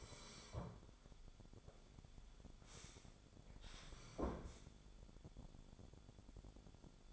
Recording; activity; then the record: daily activity, microphone in the room; sit down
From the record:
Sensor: 5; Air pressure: 1015.3 hPa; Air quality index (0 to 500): 188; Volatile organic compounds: 8 ppm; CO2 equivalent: 2045 ppm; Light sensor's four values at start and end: 35/80/32/31 and 35/80/32/31